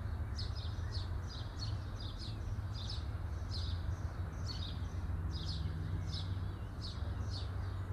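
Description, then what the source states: Bird chirping busily, quick high chirps in uneven bursts, many notes, against a steady low background rumble. Recorded at midday.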